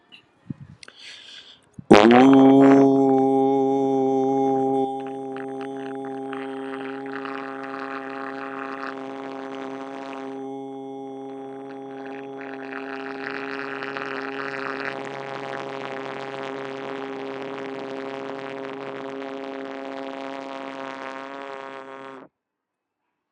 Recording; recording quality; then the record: sustained vowel as in boot; moderate, slight background noise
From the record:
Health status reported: healthy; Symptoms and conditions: hypertension, diabetes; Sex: male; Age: 65 years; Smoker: not ticked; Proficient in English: yes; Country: India